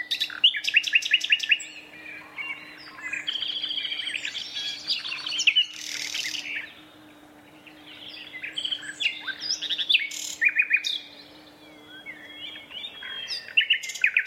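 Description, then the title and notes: Common nightingale song: bursts of sharp repeated notes and trills with other varied phrases, quieter gaps and a faint low mechanical drone. Two males singing a competitive duet at dusk in a dense thorn thicket, north Dorset countryside woodland; a tractor mowing the year's first silage nearby. "Sound Escape: An astonishing nightingale duet in a Dorset woodland. BBC Countryfile Magazine's Sound Escapes"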